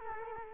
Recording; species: mosquito wingbeat signal from an infrared sensor; Culex quinquefasciatus